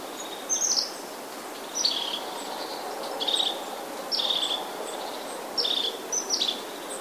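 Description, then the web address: Crested Tit call: a thin high note dropping into a short purring trill, repeated several times, with steady background hiss. "wroblowe ptaki czubatki"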